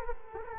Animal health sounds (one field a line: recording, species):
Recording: mosquito wingbeat signal from an infrared sensor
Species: Culex quinquefasciatus